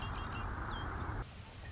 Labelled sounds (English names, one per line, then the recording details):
Red-winged Blackbird
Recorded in Sonoma County, California